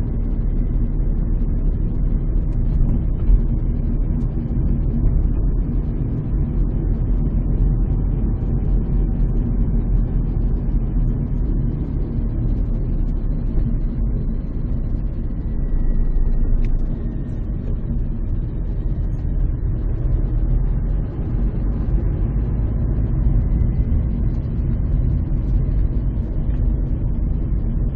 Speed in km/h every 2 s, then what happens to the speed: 27, 28, 31, 32, 30, 26, 24, 21, 18, 18, 24, 25, 22, 22.
0-7 steady at about 28. 7-16 slows to 18. 16-21 speeds up to 25. 21-28 steady at about 22.